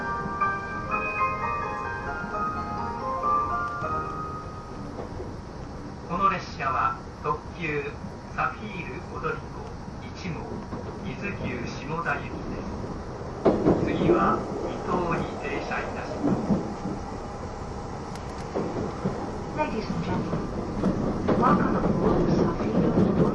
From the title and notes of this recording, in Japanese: E261系 S踊り子01号02 熱海～伊豆急下田。伊豆への新たなフラッグシップトレインとなる、E261系S踊り子01号を収録したものです。走行音。